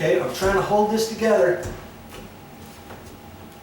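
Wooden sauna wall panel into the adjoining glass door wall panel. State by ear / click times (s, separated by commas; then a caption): not seated / none. Someone talks while holding a wooden sauna wall panel against the adjoining glass door wall panel, lining the two up before they are pushed together. After the talking, only low, quiet handling noise with a few faint ticks is heard. Nothing has seated or clicked yet.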